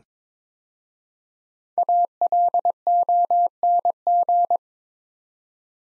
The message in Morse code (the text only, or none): ALONG